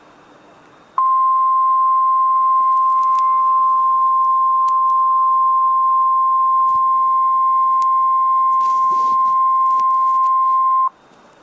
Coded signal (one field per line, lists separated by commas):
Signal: Emergency Alert System (SAME) tones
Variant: 1050 Hz attention tone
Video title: EAS #674: Severe Thunderstorm Warning (5/19/2013)